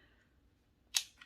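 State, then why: Seated. A plastic/rubber Jibbit shoe charm stem is pushed into a ventilation hole in a foam Crocs Bae Platform clog while a finger supports it from inside. After a quiet stretch, a sharp click at 1.0 s marks the charm seating, followed by a softer click at 1.2 s. The charm is confirmed seated in the clog hole.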